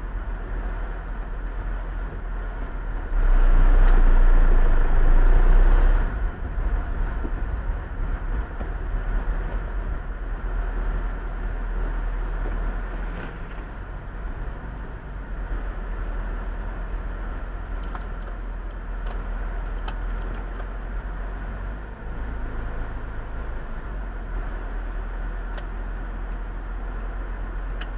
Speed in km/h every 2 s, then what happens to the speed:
5, 6, 8, 11, 12, 11, 9, 9, 7, 5, 3, 2, 2, 3.
0-9 speeds up to 12. 9-22 slows to 2. 22-24 standing.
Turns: none.